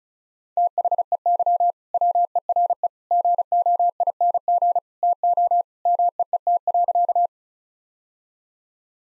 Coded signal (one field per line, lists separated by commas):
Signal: Morse code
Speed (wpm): 36 wpm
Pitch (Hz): 700 Hz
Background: none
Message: THEY WERE GOING TO MEET.